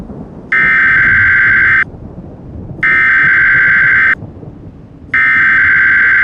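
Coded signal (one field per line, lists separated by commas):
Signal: Emergency Alert System (SAME) tones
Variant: header bursts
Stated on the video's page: Fictional EAS scenario, final part of a story series, not a real broadcast.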